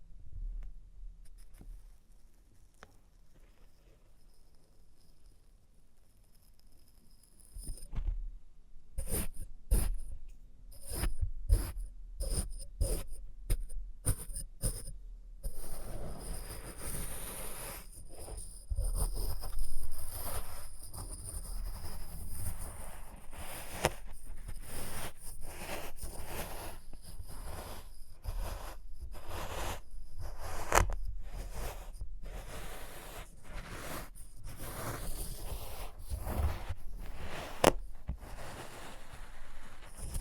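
Experimental triggers in test tubes: a quiet start, then sharp glassy taps from eight seconds, giving way to dense, steady crinkling and clinking.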